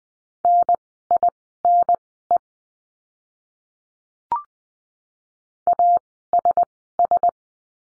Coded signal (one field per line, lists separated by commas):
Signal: Morse code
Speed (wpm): 20 wpm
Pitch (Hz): 700 Hz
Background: none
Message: NINE ASS